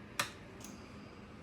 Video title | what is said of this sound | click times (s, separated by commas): 2021 CRF110 BBR Dampening Rods Install | And just keep doing this till you hear it click, and then we'll switch to the next setting. | 0.2 s